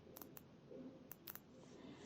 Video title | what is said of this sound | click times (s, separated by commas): Broke Her Leg!! Drama Ends A Good Day😱 DITL Poor Emma-Jane Kim by Sigrid Bock reborn toddler doll | then you just pull it up you can hear it click | 0.2 s, 0.4 s, 1.1 s, 1.3 s, 1.4 s